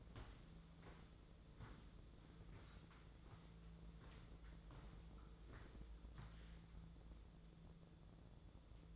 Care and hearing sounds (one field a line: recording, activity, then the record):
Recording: daily activity, microphone in the room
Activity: walk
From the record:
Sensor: 3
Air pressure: 1005.4 hPa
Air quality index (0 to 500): 95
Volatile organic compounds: 3 ppm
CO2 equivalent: 1477 ppm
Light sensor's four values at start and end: 10/23/9/9 and 10/24/10/9